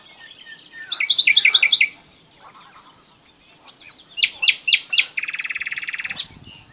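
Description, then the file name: Common nightingale singing a quick series of sharp repeated notes, then after a pause a loud phrase ending in a long, fast mechanical trill. "Luscinia megarhynchos"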